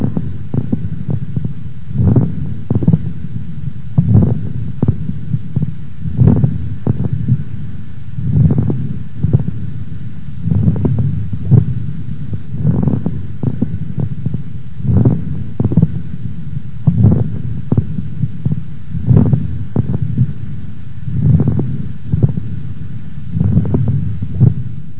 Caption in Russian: Влажные, звонкие, мелкопузырчатые хрипы у больного с острой бронхопневмонией. Обратите внимание на хорошую слышимость хрипов.